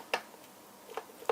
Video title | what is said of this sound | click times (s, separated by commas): KitchenAid 9-Speed Hand Mixer - Review 2026 | or the right, and it locks into place. | 0.1 s, 1.3 s